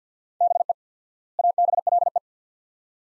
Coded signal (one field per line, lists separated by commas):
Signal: Morse code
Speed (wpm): 50 wpm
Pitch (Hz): 700 Hz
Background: none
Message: BE ABLE